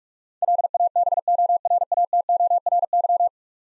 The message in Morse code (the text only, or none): LABORATORY